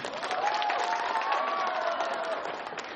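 An audience applauds to welcome back a singing Buddhist monk, in a steady, dense wash of clapping that holds at an even loudness for the full three seconds, with a few faint tonal cheers or whistles rising through it.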